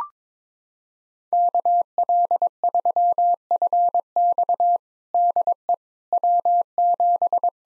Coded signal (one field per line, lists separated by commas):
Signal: Morse code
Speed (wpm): 22 wpm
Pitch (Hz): 700 Hz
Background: none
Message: KL3FX DE W7